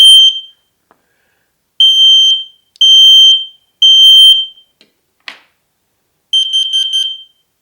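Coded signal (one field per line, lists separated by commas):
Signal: alarm pattern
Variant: smoke and CO detector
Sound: shrill high beeps, three in a row, pause, then beeping resumes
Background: small room, click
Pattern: temporal three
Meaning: Three beeps repeating signals the smoke alarm mode during the test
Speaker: To test it, 3 long beeps repeating every 4 seconds for smoke alarm mode. Carbon monoxide alarm mode, 4 beeps repeating every 5 seconds. So 3 beeps is smoke, 4 beeps is carbon monoxide. Let's see what it sounds like when we test it.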